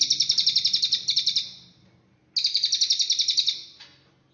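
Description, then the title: Cililin bird giving two bright, rapid trills of high pulsed notes, each a little over a second long, separated by a short pause. "Burung Cililin"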